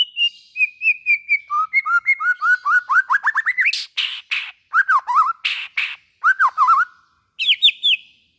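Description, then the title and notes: White-rumped shama song: series of repeated whistled notes speeding into rapid rising slurs, mixed with harsh rasping bursts. Long-duration song used as a lure for trapping. "Pikat Murai Batu Durasi Panjang. Burung Murai Batu"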